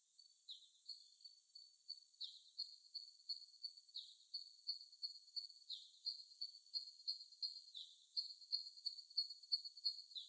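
Little spiderhunter song: a long series of high, sharp repeated notes, about three per second, steady and slightly uneven, with a thin constant high hiss behind.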